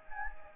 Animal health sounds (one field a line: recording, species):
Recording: mosquito wingbeat signal from an infrared sensor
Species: Anopheles gambiae